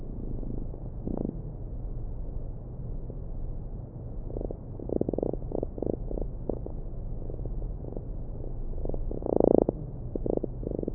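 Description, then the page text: Fruit fly courtship song: scattered trains of quick low pulses with a louder buzzing burst near the end, over a steady low hum. Male Drosophila melanogaster courtship song sung to attract females during the mating ritual. "The love song of a fly. Research Institute of Molecular Pathology (IMP)"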